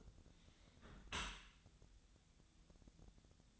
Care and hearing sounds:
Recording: daily activity, microphone in the room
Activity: close dishwasher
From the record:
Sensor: 3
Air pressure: 1006.7 hPa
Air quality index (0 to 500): 208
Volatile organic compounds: 19 ppm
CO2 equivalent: 2650 ppm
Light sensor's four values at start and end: 10/25/10/10 and 10/25/10/10

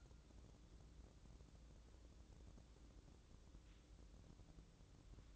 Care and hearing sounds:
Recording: daily activity, microphone in the room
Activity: wipe stove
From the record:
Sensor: 3

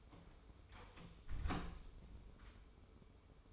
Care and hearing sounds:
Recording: daily activity, microphone in the room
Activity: close door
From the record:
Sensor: 1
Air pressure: 1015.2 hPa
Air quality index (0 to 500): 178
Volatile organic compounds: 15 ppm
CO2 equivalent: 2480 ppm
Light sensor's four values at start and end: 10/25/10/11 and 9/22/9/9

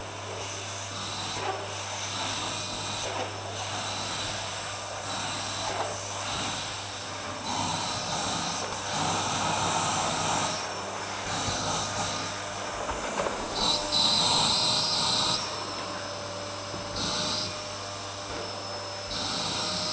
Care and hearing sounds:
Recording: daily activity, microphone in the room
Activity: vacuum cleaning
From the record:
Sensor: 2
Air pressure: 1009.5 hPa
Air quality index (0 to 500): 187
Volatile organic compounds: 12 ppm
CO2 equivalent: 2325 ppm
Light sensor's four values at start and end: 25/60/26/28 and 24/59/25/28

